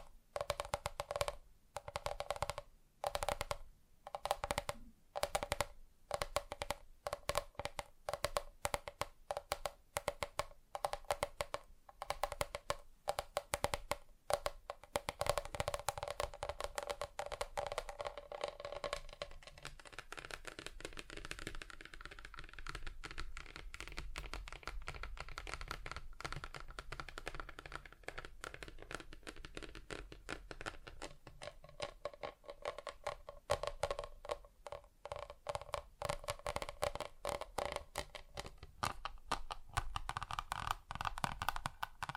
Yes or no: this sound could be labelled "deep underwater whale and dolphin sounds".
no